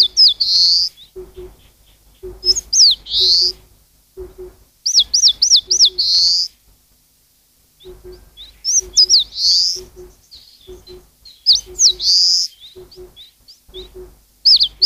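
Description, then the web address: Eastern crowned warbler song: quick runs of high, slurred up-and-down notes, each phrase closing on a buzzy burst, phrases repeated every few seconds, with low paired hoots from another bird beneath. "sikioto. sendaimushikui"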